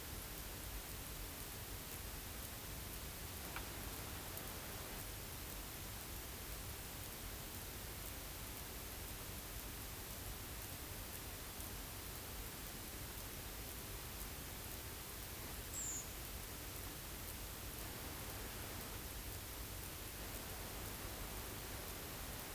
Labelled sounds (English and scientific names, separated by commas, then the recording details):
unidentified sound, Redwing (Turdus iliacus)
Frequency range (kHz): Redwing (Turdus iliacus) 6.1-8.1 kHz
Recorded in France